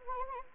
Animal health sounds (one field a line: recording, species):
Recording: mosquito wingbeat signal from an infrared sensor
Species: Anopheles arabiensis